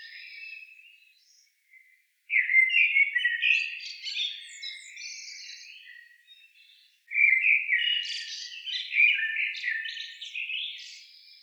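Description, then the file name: Eurasian blackbird singing two separate phrases, each a low, mellow warbled run followed by a higher, squeaky twittering flourish, with a brief quiet gap before each. "Turdus merula"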